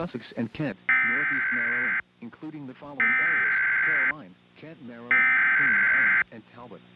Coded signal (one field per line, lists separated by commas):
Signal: Emergency Alert System (SAME) tones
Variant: header bursts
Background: speech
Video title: EAS Mock #39: A Triple Dose of Disaster.